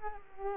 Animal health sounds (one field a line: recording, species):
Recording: mosquito wingbeat signal from an infrared sensor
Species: Culex quinquefasciatus